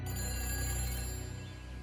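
A telephone rings with a steady, bright, buzzing bell tone that rattles rapidly and holds for about two seconds before starting to fade. No one speaks.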